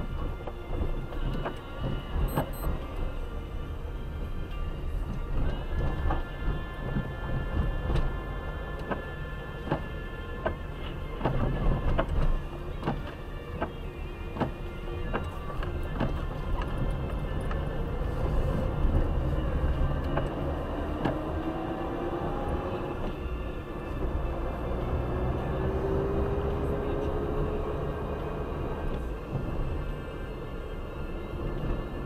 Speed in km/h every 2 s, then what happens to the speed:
8, 11, 15, 13, 18, 19, 18, 16, 15, 25, 31, 36, 36, 40, 43, 43.
0-9 speeds up to 19. 9-16 steady at about 16. 16-32 speeds up to 43.